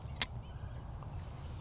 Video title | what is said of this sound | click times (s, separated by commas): Cooking a Philly Cheese Steak - FIREMAPLE Cooking kit (TEST & REVIEW) | So really nice, locks in there, and now the legs are not gonna move. | 0.2 s